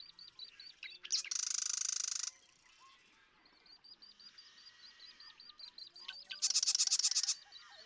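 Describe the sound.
Marsh Wren delivering two loud gurgling, buzzy rattles, with softer ticks between them.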